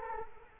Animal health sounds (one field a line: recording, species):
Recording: mosquito wingbeat signal from an infrared sensor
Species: Culex quinquefasciatus